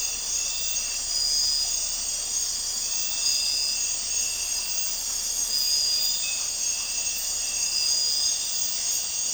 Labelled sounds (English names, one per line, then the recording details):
none
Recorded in dense forest near Puerto Asís, Putumayo, Colombia, on 4 March 2025 at 03:30
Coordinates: 0.467, -76.328
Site G041